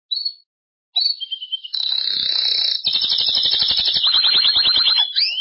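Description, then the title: Belgian canary singing: a brief high note, then a sustained whistled tone leading into a long buzzy trill that breaks into rapid pulsed notes, ending on a sharp upsweep. "Canario Belga"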